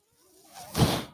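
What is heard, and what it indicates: A brief rising, airy whoosh: a single breath delivered by a person's own home mechanical ventilator.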